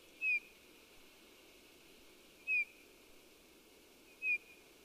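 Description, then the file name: Eurasian bullfinch calling: three soft, short descending piping whistles, spaced about two seconds apart, over a quiet hiss. "Pyrrhula pyrrhula"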